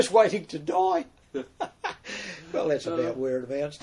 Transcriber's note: chuckle